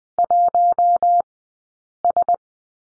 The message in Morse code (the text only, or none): 1 S